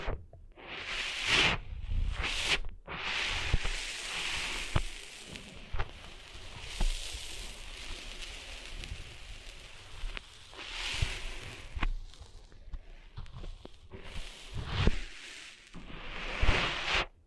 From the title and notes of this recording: ASMR Cleaning Sand Out of Your Ears (No Talking).